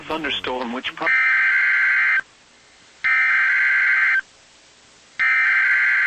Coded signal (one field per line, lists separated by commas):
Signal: Emergency Alert System (SAME) tones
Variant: header bursts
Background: speech